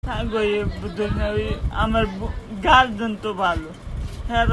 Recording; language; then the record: elicited speech; Bengali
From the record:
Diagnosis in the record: Broca's or global aphasia after a stroke